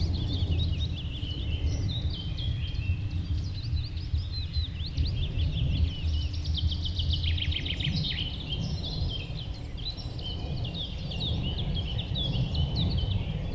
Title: nachtigall und andere voegel. Westlicher Düppeler Forst, Germany